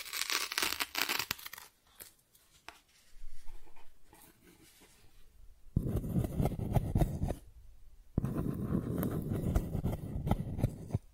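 Cardboard being scratched and torn, in uneven bursts. A dense, rough scrape fills the first two seconds, then quieter scratching and tracing sounds continue until about six seconds. Two long, loud tearing stretches follow, one from six to eight seconds and another from eight seconds to the end, split by a brief pause.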